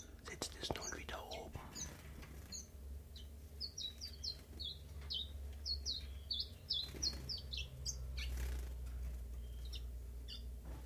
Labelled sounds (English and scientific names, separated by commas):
Common Chiffchaff (Phylloscopus collybita)